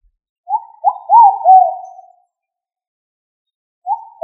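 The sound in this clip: Pigeon coo, one soft throaty phrase of several rolling notes, then quiet, and the start of another phrase at the end.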